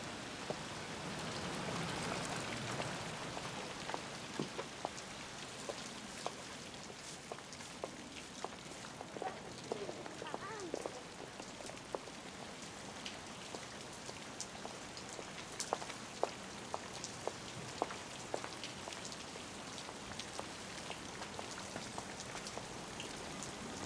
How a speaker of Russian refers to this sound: На улице ливень.